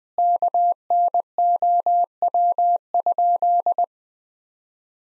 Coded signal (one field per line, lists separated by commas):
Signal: Morse code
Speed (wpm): 20 wpm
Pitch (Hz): 700 Hz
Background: none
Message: KNOW?